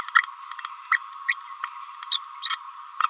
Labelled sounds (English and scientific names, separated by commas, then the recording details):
Green-rumped Parrotlet (Forpus passerinus) babbling
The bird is a female
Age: 29 days
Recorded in a nest box in Venezuela
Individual 17B31A3